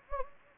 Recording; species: mosquito wingbeat signal from an infrared sensor; Anopheles gambiae